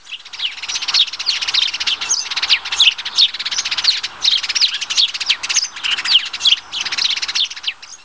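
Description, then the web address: Sparrow chirping in a dense, continuous chatter of rapid high chirps throughout. Apuan Alps. "Apuane apuanefoto passero"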